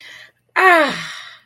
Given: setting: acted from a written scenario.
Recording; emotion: vocal sound without words; pride